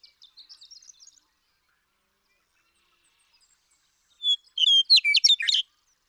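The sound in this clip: Western meadowlark song: faint high chattering notes at the start, then after a pause a loud bubbling, flutelike phrase of quick warbled notes lasting about a second and a half.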